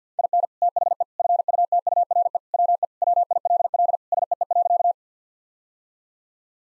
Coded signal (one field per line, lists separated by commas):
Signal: Morse code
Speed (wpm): 50 wpm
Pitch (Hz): 700 Hz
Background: none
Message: IN THE FUTURE WE WILL SEE.